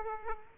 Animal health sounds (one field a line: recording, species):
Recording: mosquito wingbeat signal from an infrared sensor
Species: Aedes aegypti